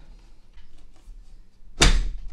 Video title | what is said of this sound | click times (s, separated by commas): Sideshow Collectibles Life Size Boba Fett Bust! | we go clicks into place as you can see it now kind of goes above his head | 1.8 s